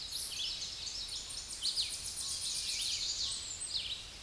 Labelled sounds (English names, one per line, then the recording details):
Tennessee Warbler song
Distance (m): 50 m
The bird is about 5 m above the microphone
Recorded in a Pennsylvania forest on 16 May 2024 at 09:21
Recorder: AudioMoth, point MSD-2273
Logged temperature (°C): 16.0 °C
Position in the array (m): 9 m, 194 m